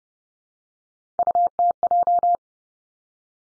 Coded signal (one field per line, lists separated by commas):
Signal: Morse code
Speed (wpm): 30 wpm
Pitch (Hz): 700 Hz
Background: none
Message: UTJ